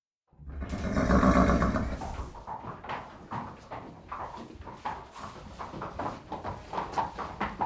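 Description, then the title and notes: Horse giving a loud, low, harmonic nicker lasting about a second, then a steady, rapid series of clicks. Horses in a stable at a riding farm in Stoppenberg, Essen, Germany, snorting while eating hay, hoof steps on the stable's stone floor. "Stoppenberg, Essen, Deutschland - essen, bruch street, horse stable. Auf einem Reiterhof in einem Pferdestall. Der Klang der schnaubenden Heu essenden Tiere, Pferdeschritte auf dem Steinboden des Stalls. Inside a horse stable on a horse barn. Projekt - Stadtklang//: Hörorte"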